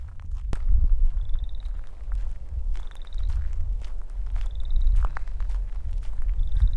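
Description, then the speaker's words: Frog calling: short rising, pulsed trills repeated about every one and a half seconds, four in all, over a steady low rumble and a few knocks. Heard at a pond in a prairie; the call is likened to running fingers along a fine-tooth comb. "There's that frog again. Sounds like running your fingers on a fine-tooth comb."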